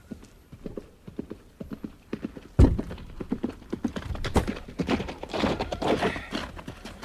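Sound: horse hooves clip-clopping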